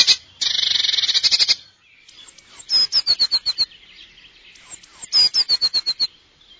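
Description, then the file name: Eurasian blue tit giving a dense buzzy churr, then two fast runs of sharp, slightly descending ticking notes, each run lasting about a second. "lazorevka"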